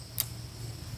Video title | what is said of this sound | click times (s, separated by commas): 🎯 Got to see OneLeaf Commander NV500 Eagle Lens Comparison: 1.5x vs 2x vs 4x – What Is Best for You? | Again, line the little finger up with the arrow, listen for the click. | 0.2 s